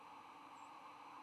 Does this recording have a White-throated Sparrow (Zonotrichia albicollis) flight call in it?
no